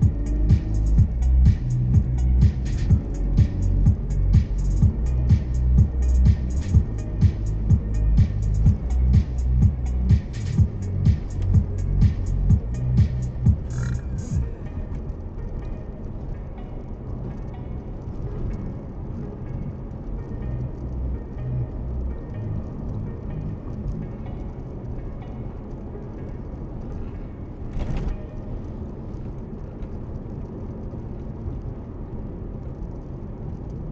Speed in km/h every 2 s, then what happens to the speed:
39, 47, 55, 59, 60, 60, 61, 63, 65, 66, 66, 66, 66, 66, 66, 66, 67.
0-6 speeds up to 59. 6-34 steady at about 66.